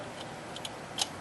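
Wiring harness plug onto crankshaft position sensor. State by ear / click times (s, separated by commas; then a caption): seated / 1.0 s. A plastic wiring harness plug is pushed by feel onto the crankshaft position sensor of a 2005 Nissan Altima in a tight spot, with a couple of faint ticks at 0.6 and 0.7 seconds. Its lock snaps back up with a sharp click at 1.0 seconds, and the connector is seated.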